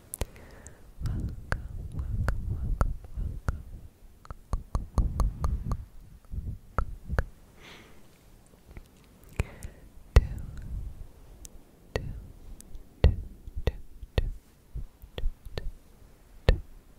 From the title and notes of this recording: ASMR clicky mouth sounds, tktk, sksk, tongue clicking and more.